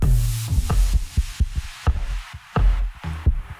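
A human heartbeat: deep, muffled thumps arriving in paired lub-dub beats at a steady, slightly uneven pace, fairly loud with a low rumbling background and no talking.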